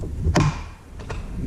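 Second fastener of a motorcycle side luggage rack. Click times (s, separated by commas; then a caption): 0.4 s. The second fastener of a side luggage rack on a Kawasaki motorcycle is pushed through the rack and tightened with a triangle tool until it pops into place with a sharp thump at 0.4 s. A softer tap follows at 1.1 s, and the fastener is seated.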